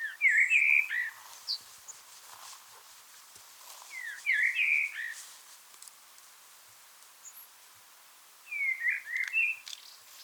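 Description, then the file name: Eurasian blackbird singing three mellow, warbled phrases roughly every four seconds, with a few thin high notes between them. "Turdus merula"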